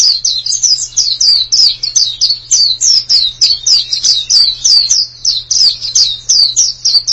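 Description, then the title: White-eye song: a rapid, continuous stream of high, thin, down-slurred whistled notes, several per second, with a steady low hum underneath. "Kicauan Burung Pleci Durasi Panjang"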